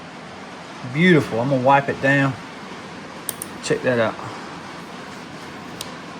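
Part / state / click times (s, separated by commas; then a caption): folding knife blade into its lock / seated / 5.8 s. Someone talks over a quiet hiss, then short ticks sound around 3.3 and 3.4 seconds while a vintage folding knife blade is opened. The blade locks open into its lock with a sharp click at 5.8 seconds.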